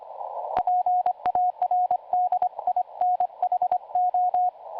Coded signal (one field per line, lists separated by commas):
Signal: Morse code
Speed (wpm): 24 wpm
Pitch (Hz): 720 Hz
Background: radio noise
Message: PARDINHO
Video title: PY2YD e PY1AX QSO RX SDR PARD.